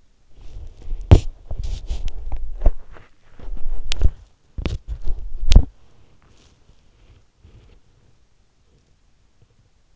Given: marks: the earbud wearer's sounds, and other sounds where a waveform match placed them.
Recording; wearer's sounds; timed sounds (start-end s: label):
sounds in sleep by an in-ear microphone; body movement
0.00-9.83 s: body movement